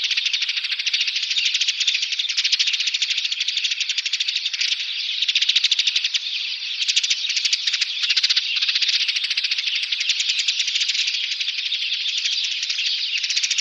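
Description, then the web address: Dead Sea sparrow chatter: an unbroken stream of rapid, high, rattling chirps that runs at a steady level throughout. "Schulze Peter Dead Sea Sparrow calls"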